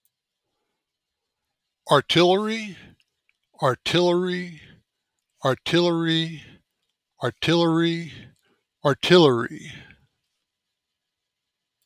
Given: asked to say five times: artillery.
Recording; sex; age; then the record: repeated word; male; 50 to 59 years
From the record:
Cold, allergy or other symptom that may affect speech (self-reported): no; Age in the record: 55 years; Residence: New Mexico, United States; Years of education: 16